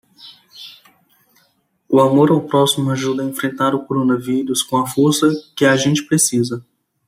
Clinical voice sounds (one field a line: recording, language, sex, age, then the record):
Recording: spoken sentence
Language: Brazilian Portuguese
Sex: male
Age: 20 to 29 years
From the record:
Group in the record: control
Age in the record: 28 years